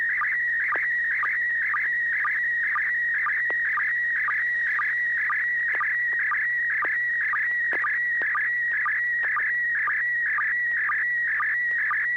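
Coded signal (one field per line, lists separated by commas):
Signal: SSTV (slow-scan television)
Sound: warbling high tone scanning steadily, with a regular low blip about twice a second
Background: low hum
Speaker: right after this i'll be asking you to send a photo and as usual if you could let us know what mode you're going to transmit in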